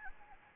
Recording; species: mosquito wingbeat signal from an infrared sensor; Anopheles gambiae